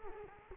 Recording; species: mosquito wingbeat signal from an infrared sensor; Culex quinquefasciatus